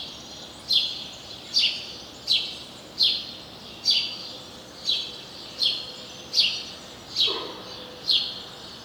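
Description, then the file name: House sparrow giving repeated bright chirps at an uneven pace, roughly one per second, with a brief lower sound near the end. "Passer domesticus"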